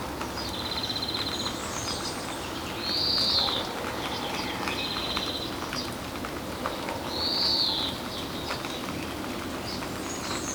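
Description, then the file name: European greenfinch giving short buzzy trills alternating with high arched notes, over a steady noisy background. "Chloris chloris"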